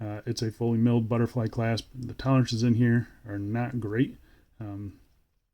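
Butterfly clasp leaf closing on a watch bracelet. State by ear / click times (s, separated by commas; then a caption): not seated / none. A fully milled steel butterfly clasp on the bracelet of a WM watch WM057 worldtimer is handled while someone talks, noting loose tolerances. No distinct click stands out over the speech, and nothing has seated or clicked yet; the clasp leaf has not snapped shut by the end.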